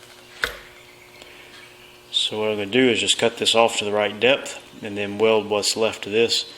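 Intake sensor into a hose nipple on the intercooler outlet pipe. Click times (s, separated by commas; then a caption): 0.4 s. An intake sensor fitted with a different O-ring is pushed into a salvaged hose nipple, just the right diameter, that will go on the pipe between the intercooler and the intake. A sharp snap at 0.4 s marks the sensor seating, with a faint tick at 1.2 s. From about 2.1 s someone talks.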